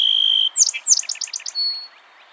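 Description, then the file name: Song sparrow song: a steady high whistled note, then a quick run of sharp chirping notes, ending on a thin level whistle. "Melospiza melodia - Song Sparrow"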